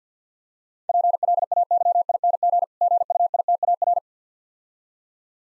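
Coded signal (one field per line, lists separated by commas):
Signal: Morse code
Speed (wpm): 50 wpm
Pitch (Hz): 700 Hz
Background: none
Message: PLAYING GUITAR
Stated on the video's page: Morse speed drill of easy words at 50 wpm with contextual hints.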